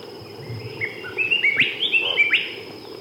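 Red shining-parrot calls: a quick series of sharp whistled notes, some sweeping upward, over a faint steady high tone.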